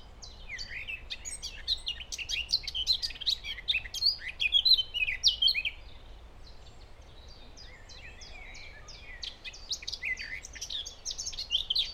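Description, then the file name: Eurasian blackcap singing a fast, jumbled warbling phrase of scratchy and fluty notes, pausing for a few seconds midway before another burst of warbling resumes; low steady hum beneath. "Sylvia atricapilla"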